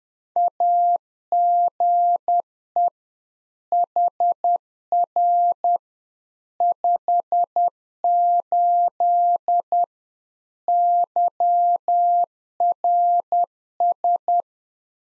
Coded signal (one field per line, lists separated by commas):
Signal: Morse code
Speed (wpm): 10 wpm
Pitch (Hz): 700 Hz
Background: none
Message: AGE HR 58 YRS